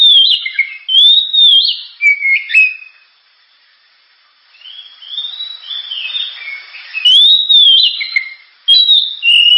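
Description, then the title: Oriental magpie-robin song in clear whistled phrases, some rising and falling, broken by a silent pause midway before varied loud notes resume. Kacer singing prolifically with a sharp, super-loud voice, offered as a pancingan recording to prompt other birds to sing. "Kacer Gacor Suara Tajam. Kacer Gacor Suara Super Kenceng Cocok untuk Pancingan"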